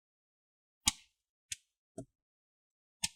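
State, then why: Released. A guitar pick is run along the left and right sides of an Acer Aspire 5 A515-51-52BQ laptop to pry the plastic bottom cover off the top case for a battery replacement. The plastic clips pop loose with sharp clicks at 0.9, 1.5 and 3.1 seconds, with a fainter click near 2.0 seconds. The clips release as hoped.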